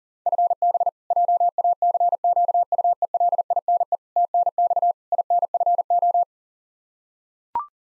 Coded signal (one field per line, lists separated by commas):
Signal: Morse code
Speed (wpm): 40 wpm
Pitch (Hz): 700 Hz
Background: none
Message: FB JACQUELINE TNX INFO